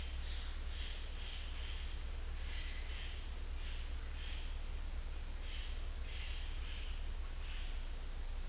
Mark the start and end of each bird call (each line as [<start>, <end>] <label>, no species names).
[0.00, 1.27] bird call